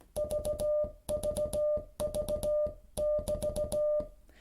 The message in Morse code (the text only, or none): VVV<BT>